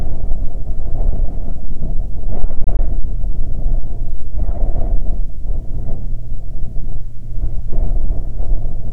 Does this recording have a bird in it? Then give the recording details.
yes. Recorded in the Prudhoe Bay oil fields, Alaska, on 13 July 2019 at 08:18. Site 16